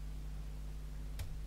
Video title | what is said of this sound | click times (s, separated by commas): (225) How to Pick Your First REAL Lock | got another click | 1.2 s